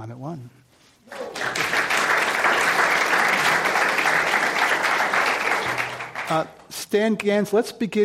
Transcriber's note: applause